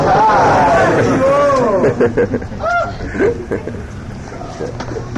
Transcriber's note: laughter